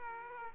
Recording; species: mosquito wingbeat signal from an infrared sensor; Aedes aegypti